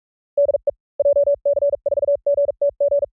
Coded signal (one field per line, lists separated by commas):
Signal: Morse code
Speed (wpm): 46 wpm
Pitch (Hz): 570 Hz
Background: none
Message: DE JC4GTG